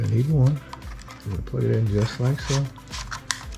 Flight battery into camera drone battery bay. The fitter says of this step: Press it until it clicks.